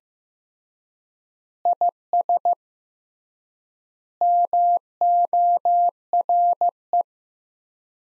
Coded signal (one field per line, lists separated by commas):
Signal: Morse code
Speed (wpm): 15 wpm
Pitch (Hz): 700 Hz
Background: none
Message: IS MORE